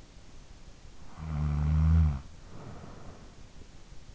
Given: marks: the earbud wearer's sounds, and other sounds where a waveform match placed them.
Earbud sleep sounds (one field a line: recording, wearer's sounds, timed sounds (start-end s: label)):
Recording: sounds in sleep by an in-ear microphone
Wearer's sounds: snoring breath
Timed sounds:
0.70-3.78 s: snoring breath